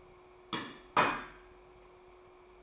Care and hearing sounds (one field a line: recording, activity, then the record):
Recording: daily activity, microphone in the room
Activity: place plate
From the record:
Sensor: 1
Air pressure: 1004.4 hPa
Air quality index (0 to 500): 197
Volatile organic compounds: 18 ppm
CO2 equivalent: 2604 ppm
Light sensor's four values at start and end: 4/9/3/3 and 4/9/3/3